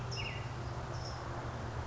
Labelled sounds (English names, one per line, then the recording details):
California Towhee
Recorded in Sonoma County, California